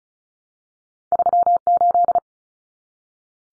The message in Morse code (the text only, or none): 38